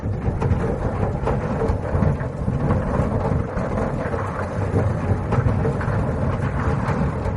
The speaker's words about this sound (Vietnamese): Trong đám tinh thể quái dị này, có một bóng người màu đen to lớn, chập chờn chuyển động ở sâu bên trong, phát ra những chuỗi tiếng nổ trầm đục như sấm.